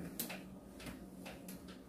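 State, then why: Seated. A collapsible zoom kit lens barrel on a DSLR camera is twisted until it clicks into its fully extended, ready-to-shoot position. A sharp click sounds at 0.2 s, followed by softer clicks and turning noises, including another click near 1.5 s. The lens is then fully out and seated.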